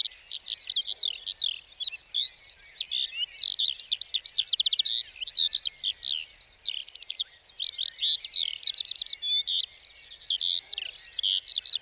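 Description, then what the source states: Lark song, a long unbroken stream of rapid, high chirping and warbled phrases with fast trills, pouring on without pause. Sings perched atop a bush before full daybreak, for about a quarter hour before flying off; Plateau de Lesches-en-Diois, 29 March 2020; Nagra Seven, stereo, cardioid MKH40.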